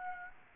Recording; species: mosquito wingbeat signal from an infrared sensor; Aedes aegypti